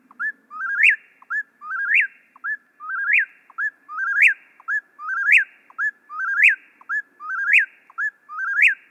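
Eastern whip-poor-will repeating its rhythmic whistled phrase nearly once per second, a short note then a rising, snapping ending, steady and unbroken throughout.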